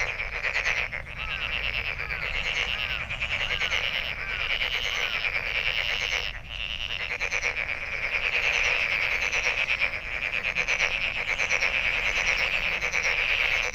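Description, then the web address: Frogs in a steady, continuous high-pitched trilling chorus, with short chirping notes rising and falling over it in the first seconds and a brief dip midway. Recorded on 23 May 2008. "misc sound frog frog 20080523-0442"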